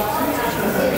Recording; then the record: background sound without coughing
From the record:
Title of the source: 40 min - Ambience sounds UNIVERSITY lunchroom chatting